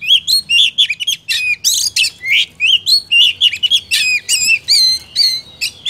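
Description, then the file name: Oriental magpie-robin song: bright, rich whistled phrases with slurred up-and-down notes and scratchy interjections, delivered continuously and loudly. Lure sound used for bird trapping. "suara burung kacer pikat"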